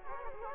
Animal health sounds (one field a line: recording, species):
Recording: mosquito wingbeat signal from an infrared sensor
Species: Culex quinquefasciatus